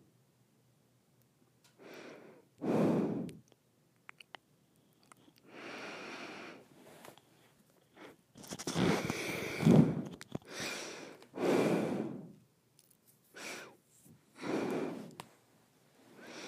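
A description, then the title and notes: Breathing through the nose, in separate airy puffs roughly every one to two seconds after a quiet start. The breaths are mostly soft hisses, with a few stronger, lower ones near 3, 9–10 and 12 seconds, and brief faint clicks between them. ASMR Nose Breathing.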